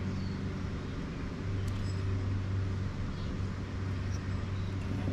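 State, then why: Not seated. A black wire terminal is slid into the connector housing of a Harley Davidson flush fuel gauge's wiring, against a steady low-pitched hum of background noise with no distinct transients. The terminal has not clicked or seated yet.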